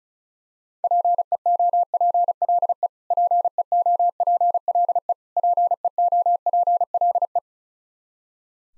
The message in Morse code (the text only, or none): PEOPLE PEOPLE PEOPLE